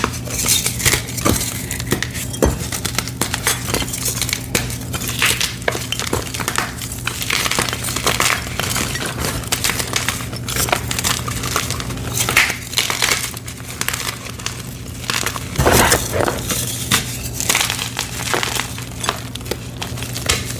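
Gym chalk blocks being crushed without pause, a dense run of crumbling, crinkly grinding with sharp snaps and cracks scattered throughout, notably near 2.5 and 16 seconds. A low steady hum runs underneath the whole time, and the crushing stays busy and fairly even in loudness.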